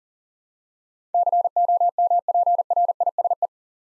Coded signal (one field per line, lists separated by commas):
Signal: Morse code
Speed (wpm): 38 wpm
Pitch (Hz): 700 Hz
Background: none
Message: COMPRISE